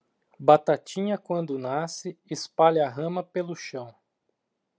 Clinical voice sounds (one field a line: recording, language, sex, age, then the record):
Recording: short text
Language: Brazilian Portuguese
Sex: male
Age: 30 to 39 years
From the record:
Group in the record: control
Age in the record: 37 years